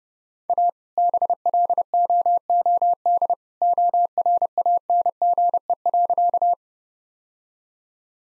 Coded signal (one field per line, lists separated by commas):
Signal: Morse code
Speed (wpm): 30 wpm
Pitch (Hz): 700 Hz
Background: none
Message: A BLOOD ORANGE.